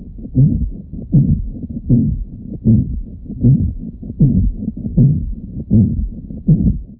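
Regular, steady heartbeat heard through a stethoscope at about 79 beats a minute, with a low rushing sound between beats.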